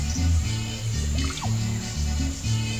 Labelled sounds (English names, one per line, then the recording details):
none
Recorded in pastures near Puerto Asís, Putumayo, Colombia, on 22 December 2024 at 08:30
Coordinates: 0.497, -76.327
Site G088